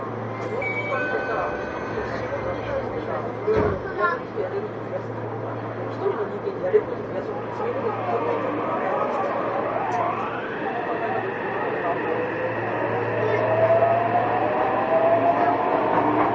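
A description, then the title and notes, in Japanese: Inside a Yokohama Municipal Subway 3000R train car, a steady low rumble of the running train fills the clip, with a constant hum underneath. Around ten seconds a rising motor whine climbs in pitch as the train accelerates, while indistinct voices murmur throughout. 横浜市営地下鉄3000R形 関内〜あざみ野。快速運用で録音。関内からの停車駅は桜木町、横浜、新横浜、新羽、新羽から終点あざみ野までの各駅となっている。録音はICレコダーを使用しています。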